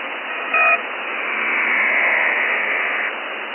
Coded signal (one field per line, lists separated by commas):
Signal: HF data modem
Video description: Recorded this at 1016Z 28 Aug 2013. 8942 is usually an active HFDL frequency for Shannon and I doubt if this is Shannon here in New Zealand! Any ideas?